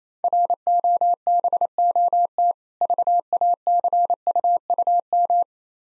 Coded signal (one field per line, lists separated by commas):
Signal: Morse code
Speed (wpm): 28 wpm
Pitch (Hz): 700 Hz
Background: none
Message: ROBOT VACUUM